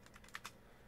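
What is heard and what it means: A VR touch controller, lined up with its grip button at the opening in the base of a plastic pistol stock, is pushed down into the stock. A few faint ticks come first, then a sharp snap at 0.4 s, followed by a second, slightly softer click at about 0.5 s. The controller is seated in the bottom of the stock.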